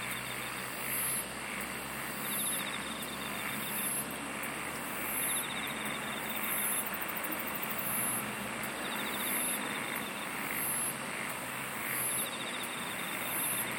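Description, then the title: Insects chirping in regularly repeated high bursts over steady background noise. "SINGING OF INSECTS"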